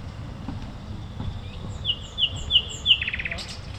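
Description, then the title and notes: Common nightingale song: four clear, even whistles repeated about three per second, then a fast chattering trill, against low background rumble. A nightingale at a playground on Gartenstraße, Mitte, Berlin, Germany. "nachtigall in der gartenstraße. Mitte, Berlin, Germany. eine nachtigall am spielplatz gartenstraße, a nightingale at playground, gartenstraße"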